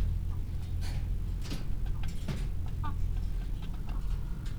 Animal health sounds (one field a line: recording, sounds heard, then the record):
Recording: poultry house recording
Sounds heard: sick chickens (respiratory disease)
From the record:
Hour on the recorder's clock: 15